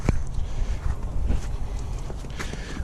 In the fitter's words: creaky click so